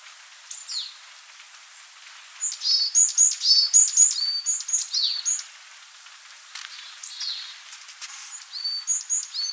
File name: Parus varius